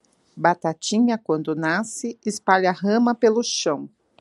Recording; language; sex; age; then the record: short text; Brazilian Portuguese; female; 40 to 49 years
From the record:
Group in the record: control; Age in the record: 47 years